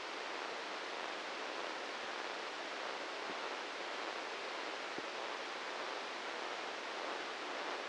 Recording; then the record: brain microelectrode recording played as sound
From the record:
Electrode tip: inside the subthalamic nucleus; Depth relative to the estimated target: 1 mm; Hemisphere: left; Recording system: NeuroSet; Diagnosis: Parkinson's disease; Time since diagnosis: 15 years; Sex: male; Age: 65 years